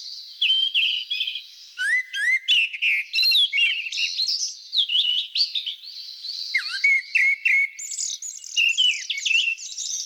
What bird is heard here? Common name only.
Grey-backed Thrush